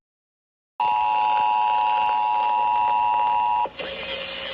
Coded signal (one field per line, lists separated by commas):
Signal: Emergency Alert System (SAME) tones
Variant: 853 and 960 Hz attention tone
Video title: BETTER LATE THAN NEVER I GUESS - North Carolina Monthly Test (04/06/22) - EAS #66-67